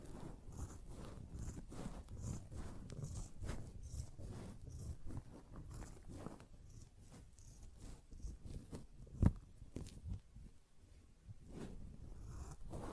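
A sponge is rubbed and scratched in quick, irregular strokes, dense and gritty, easing near ten seconds after one sharp snap, then resuming.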